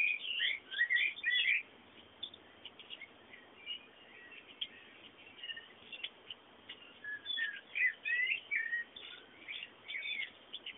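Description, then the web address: Twittering bird song, with fast chirped notes in repeated bursts spread throughout over a low hiss. Background bird sounds. "bullas Bullasdata sounds fondo pajaros"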